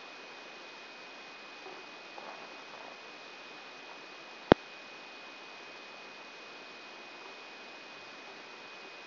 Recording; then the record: brain microelectrode recording played as sound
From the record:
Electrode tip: outside the subthalamic nucleus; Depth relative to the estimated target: -2 mm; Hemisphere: right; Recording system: AlphaMap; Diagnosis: Parkinson's disease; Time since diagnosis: 9 years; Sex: male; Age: 66 years